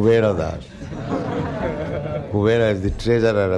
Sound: laughter

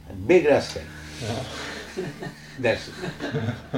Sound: laughter

